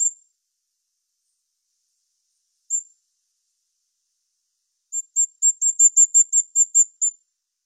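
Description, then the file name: Bisbis-comum song: two isolated very high, thin notes, then a quick series of about eleven sharp high chips over two seconds; otherwise quiet. "Canto do bisbis comum"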